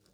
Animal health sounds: pig call; piglet (1 to 25 days)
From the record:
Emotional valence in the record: positive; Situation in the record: reunion after long isolation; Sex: male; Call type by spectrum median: low-frequency call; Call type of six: low-frequency tonal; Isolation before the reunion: 8 minutes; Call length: 0.14 s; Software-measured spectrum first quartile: 316 Hz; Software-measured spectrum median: 1963 Hz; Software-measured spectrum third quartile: 6370 Hz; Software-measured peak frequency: 178 Hz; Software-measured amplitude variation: 127 dB a second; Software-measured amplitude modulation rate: 18.4 a second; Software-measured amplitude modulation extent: 6.9 dB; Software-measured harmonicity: 5.2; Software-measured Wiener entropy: -1.97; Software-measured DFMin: 844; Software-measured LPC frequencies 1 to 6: 398, 1438, 2607, 3762, 4718, 5175 Hz

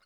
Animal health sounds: pig call; piglet (1 to 25 days)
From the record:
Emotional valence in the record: positive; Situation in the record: short reunion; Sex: female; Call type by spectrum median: low-frequency call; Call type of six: low-frequency tonal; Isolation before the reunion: 3 minutes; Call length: 0.06 s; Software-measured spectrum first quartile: 1282 Hz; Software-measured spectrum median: 2366 Hz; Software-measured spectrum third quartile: 4663 Hz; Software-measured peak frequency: 1446 Hz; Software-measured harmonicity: 1.4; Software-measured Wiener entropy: -1.44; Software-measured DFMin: 737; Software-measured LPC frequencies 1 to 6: 1401, 2090, 2857, 4413, 4987, 7334 Hz

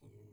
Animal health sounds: pig call; weaner (32 to 43 days)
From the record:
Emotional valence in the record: negative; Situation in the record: restrain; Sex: male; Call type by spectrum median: low-frequency call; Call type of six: low-frequency stable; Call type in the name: low-frequency stable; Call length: 0.33 s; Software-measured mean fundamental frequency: 50 Hz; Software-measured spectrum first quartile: 110 Hz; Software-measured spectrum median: 218 Hz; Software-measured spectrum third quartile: 509 Hz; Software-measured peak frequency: 120 Hz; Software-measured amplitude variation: 127 dB a second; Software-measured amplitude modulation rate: 22.5 a second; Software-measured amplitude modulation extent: 5.7 dB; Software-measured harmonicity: -3.5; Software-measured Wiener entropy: 0.73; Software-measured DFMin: 1150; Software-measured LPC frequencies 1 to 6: 343, 2243, 2974, 3754, 4478, 6374 Hz

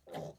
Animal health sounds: pig call; piglet (1 to 25 days)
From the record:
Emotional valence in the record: negative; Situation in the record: restrain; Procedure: back test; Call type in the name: low-frequency call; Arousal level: low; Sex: female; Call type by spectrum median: low-frequency call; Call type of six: low-frequency stable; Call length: 0.39 s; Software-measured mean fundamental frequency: 64 Hz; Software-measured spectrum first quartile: 313 Hz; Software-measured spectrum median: 561 Hz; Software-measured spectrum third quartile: 914 Hz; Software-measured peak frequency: 586 Hz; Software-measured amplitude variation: 189 dB a second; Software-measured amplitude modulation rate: 19.2 a second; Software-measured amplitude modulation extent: 9.9 dB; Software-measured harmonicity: 1.3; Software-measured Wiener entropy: -0.19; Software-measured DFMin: 1464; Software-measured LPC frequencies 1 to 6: 627, 1904, 3164, 3735, 4893, 5873 Hz

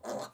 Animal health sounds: pig call; piglet (1 to 25 days)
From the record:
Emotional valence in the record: negative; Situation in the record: restrain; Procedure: back test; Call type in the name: low-frequency call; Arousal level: medium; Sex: male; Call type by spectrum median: low-frequency call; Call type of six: low-frequency stable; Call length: 0.34 s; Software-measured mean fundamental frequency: 69 Hz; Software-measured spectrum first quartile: 537 Hz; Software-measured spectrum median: 830 Hz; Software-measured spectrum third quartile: 2519 Hz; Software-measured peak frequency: 605 Hz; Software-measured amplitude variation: 190 dB a second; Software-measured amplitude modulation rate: 16.2 a second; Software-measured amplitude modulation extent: 11.7 dB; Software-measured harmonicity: 1.7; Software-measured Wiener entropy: -1.97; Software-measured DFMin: 1212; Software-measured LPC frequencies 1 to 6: 613, 1121, 3535, 4228, 5293, 6251 Hz

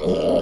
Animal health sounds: pig call; piglet (1 to 25 days)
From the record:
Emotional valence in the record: negative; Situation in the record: crushing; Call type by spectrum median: low-frequency call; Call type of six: low-frequency modulated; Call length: 0.42 s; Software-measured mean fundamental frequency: 81 Hz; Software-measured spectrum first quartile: 326 Hz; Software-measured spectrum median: 491 Hz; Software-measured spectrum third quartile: 650 Hz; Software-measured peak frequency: 588 Hz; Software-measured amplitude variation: 114 dB a second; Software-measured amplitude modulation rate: 24.9 a second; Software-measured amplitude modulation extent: 4.6 dB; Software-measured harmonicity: 2.0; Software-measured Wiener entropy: -0.93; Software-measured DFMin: 858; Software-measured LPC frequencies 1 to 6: 550, 2957, 4311, 4894, 5550, 6840 Hz

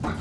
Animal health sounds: pig call; growing-finishing pig (85 days or more)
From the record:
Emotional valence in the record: positive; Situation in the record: run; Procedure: transit

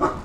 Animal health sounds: pig call; growing-finishing pig (85 days or more)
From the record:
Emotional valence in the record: positive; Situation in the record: run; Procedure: transit

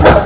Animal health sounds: pig call; growing-finishing pig (85 days or more)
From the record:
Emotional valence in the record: positive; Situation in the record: run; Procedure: transit

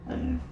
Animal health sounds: pig call; growing-finishing pig (85 days or more)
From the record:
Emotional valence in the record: negative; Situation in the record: barren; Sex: female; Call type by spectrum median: low-frequency call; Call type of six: low-frequency stable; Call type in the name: low-frequency stable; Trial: 1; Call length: 0.52 s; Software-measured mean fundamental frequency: 61 Hz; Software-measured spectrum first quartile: 92 Hz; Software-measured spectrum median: 213 Hz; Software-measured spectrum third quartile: 331 Hz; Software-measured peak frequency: 250 Hz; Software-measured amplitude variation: 141 dB a second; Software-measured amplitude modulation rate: 22.1 a second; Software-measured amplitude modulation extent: 6.4 dB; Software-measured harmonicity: -0.8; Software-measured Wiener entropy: -0.05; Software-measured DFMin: 1080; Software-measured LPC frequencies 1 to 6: 248, 1659, 2816, 3600, 4681, 5244 Hz

